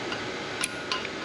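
A worn plastic snap-in shifter bushing, hard to remove because it snaps in place, is pried out of the shift linkage on a Jeep manual transmission. It releases with a sharp click at 0.6 s and flies off, followed by a couple of faint ticks over a steady background hiss.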